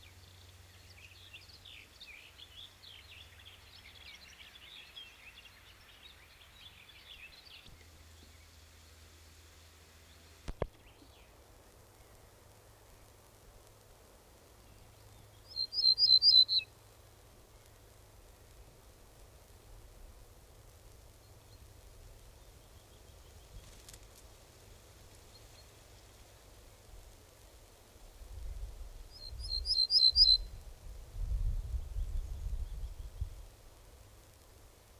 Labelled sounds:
Ortolan Bunting song
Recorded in the wild
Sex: male
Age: adult
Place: Schloß Holte-Stukenbrock, Senne, Nordrhein-Westfalen, DE
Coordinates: 51.8606, 8.65611
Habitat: edge of the woods
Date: 1968-06-16
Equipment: Uher 4000 Report-S, Bändchenmikro Beyer M 260, Parabolspiegel Polyester (470 mm)
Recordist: Conrads, Klaus
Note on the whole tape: Am Waldrand nahe der Gärtnerei (Furlbach-Gebiet). Männchen: Gesang, Fremddialekt ("Limburger"), mit doppeltem End-Element

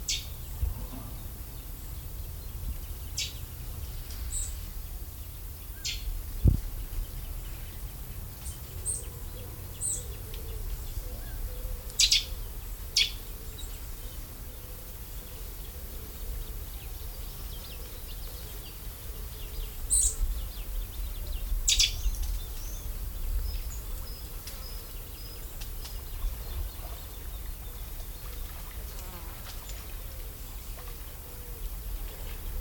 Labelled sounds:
Eurasian Nuthatch call
Eurasian Coot
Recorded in the wild
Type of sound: call
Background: Fulica atra
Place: Mühlenbecker See, Brandenburg, DE
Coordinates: 52.27, 13.01
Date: 1995-07-29 19:41
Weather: heiter, 24°C
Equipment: Sony WM-D6C, Sennheiser ME 80, Kopie Uher 4000 Report Monitor
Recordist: Tembrock, Günter
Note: Kurzlaute und hochfrequente Laute

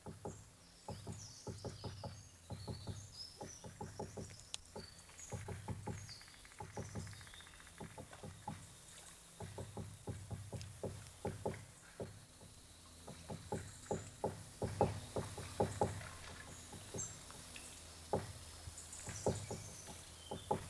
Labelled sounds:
Great Spotted Woodpecker
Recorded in the wild
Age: adult
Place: Mühlenbecker Wald, Brandenburg, DE
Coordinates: 52.6978, 13.3864
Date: 1983-08-21
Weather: sonnig, 19°C
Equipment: Nagra SN, Sennheiser MKH 416T (Automatik), Kopie Uher 4000 Report Monitor
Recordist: Tembrock, Günter

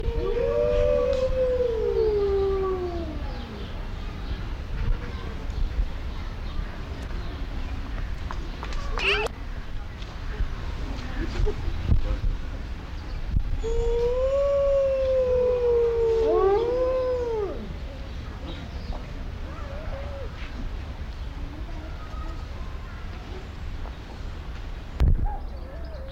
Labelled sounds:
Gray Wolf howling
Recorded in captivity
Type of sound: howling
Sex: group
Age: adult
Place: Zoo Berlin, Berlin, DE
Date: 1992-07-25 10:29
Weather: sonnig (heiter - schwül), 23-26 °C
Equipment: Marantz CP 430, Sennheiser ME 80, Kopie Tesla B 116
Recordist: Tembrock, Günter
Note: Zwei letzte Ansätze zum Heulen in der Gruppe

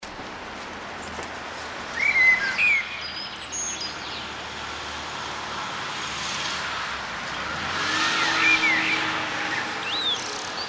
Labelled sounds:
Common Blackbird song
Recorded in the wild
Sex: male
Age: adult
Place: Grindelwald, Bern, CH
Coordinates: 46.6372, 8.04417
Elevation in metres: 1351
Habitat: mountains
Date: 1979-06-07
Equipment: Uher 4000 Report, Sennheiser MKH 815 T
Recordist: Tretzel, Erwin

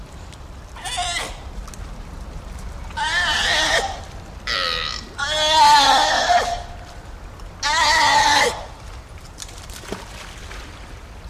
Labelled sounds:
California Sea Lion call
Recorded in captivity
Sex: diverse
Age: diverse
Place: Zoo Osnabrück, Niedersachsen, DE
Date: 1991-09-09 12:36
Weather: overcast, 13°C
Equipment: Marantz CP 430, Kopie Tesla B 116
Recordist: Tembrock, Günter

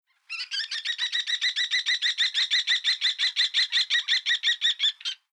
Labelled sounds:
Common Kestrel
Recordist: Tembrock, Günter
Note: Rufreihe

